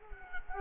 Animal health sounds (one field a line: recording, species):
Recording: mosquito wingbeat signal from an infrared sensor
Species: Culex quinquefasciatus